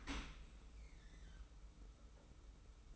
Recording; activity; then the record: daily activity, microphone in the room; open dishwasher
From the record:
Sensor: 1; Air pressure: 991.3 hPa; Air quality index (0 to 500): 123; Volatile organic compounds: 247 ppm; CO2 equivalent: 4353 ppm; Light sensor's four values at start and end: 41/127/50/52 and 41/127/50/52